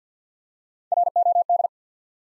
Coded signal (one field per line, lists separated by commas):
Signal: Morse code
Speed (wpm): 50 wpm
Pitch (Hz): 700 Hz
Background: none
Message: R O D